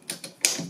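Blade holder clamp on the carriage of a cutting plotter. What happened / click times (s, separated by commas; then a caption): The clamp snapped shut and latched / 0.4 s. On a Cricut Maker cutting machine, the metal blade holder clamp is closed over the rotary fabric blade seated in the tool carriage. Two light taps come at about 0.1 and 0.2 seconds, then a sharp, bright click at 0.5 seconds as the clamp latches and the blade is seated.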